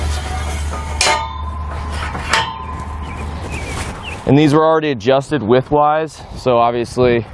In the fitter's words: but just pull it out snaps into place and do the same for this side